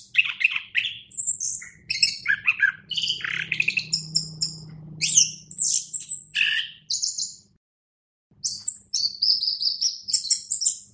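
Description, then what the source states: Orange-headed Thrush in sustained, vigorous song of rapid mixed chirps, squeaks and whistled slurs, pausing briefly before resuming; low hum runs beneath. Masteran (tutor song for training birds); captive orange-headed thrush (anis kembang) named Azuro, owned by Daniel Gacor Bird Shop, Graha Raya, Tangerang.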